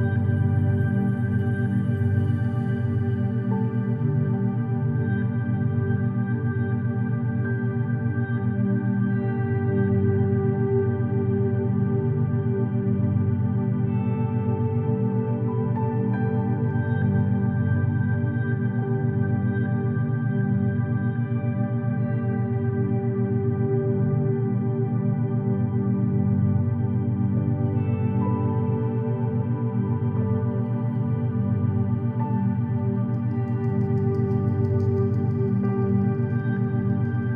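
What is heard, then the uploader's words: A meditation drone with binaural beats: layered, sustained tones held at an even loudness throughout, thick and warm in the low and middle range. The pitches shift subtly every several seconds, with faint shimmering highs near the start and end. 7 Hz theta wave binaural beats with beautiful meditation music in 528hz.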